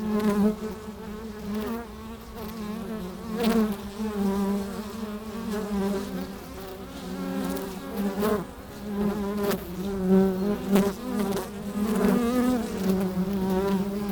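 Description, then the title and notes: Honey bees buzzing in a dense, steady drone around a low hum, with wingbeat tones swelling and fading as individual bees pass, plus sharp clicks and taps at intervals. Hive entrance in the bee pavilion of a botanical garden in Meise, Belgium; microphones placed at the hive entrance. "Meise, Belgique - Abeilles - Bees. Pavillon des abeilles, micros placés à l'entrée de la ruche. Meise, botanical garden. Pavilion bees, microphones placed at the entrance of the hive"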